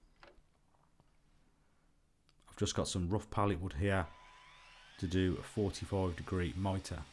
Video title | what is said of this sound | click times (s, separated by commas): Ferrex 20V Cordless Mitre Saw from Aldi (Tool Review) | and they click into place | 0.2 s